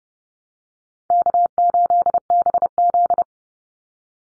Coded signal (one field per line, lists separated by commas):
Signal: Morse code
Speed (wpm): 30 wpm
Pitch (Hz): 700 Hz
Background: none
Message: K8BZ